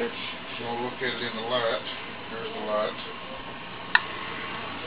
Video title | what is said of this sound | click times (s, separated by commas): Making & Canning Mustard | oh we hear the popping they're getting done they're sealing | 3.9 s